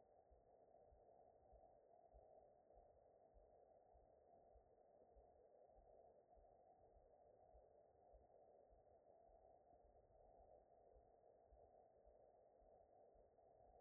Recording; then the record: heart sounds by stethoscope after running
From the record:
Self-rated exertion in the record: very light exertion (1 of 6); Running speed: 5 mph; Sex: male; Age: 23 years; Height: 172 cm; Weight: 73 kg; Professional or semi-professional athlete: no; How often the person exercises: 3 to 5 times a week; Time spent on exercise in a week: over 5 hours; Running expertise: yes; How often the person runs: 3 to 5 times a week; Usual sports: running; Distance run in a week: 40 km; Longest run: 20 km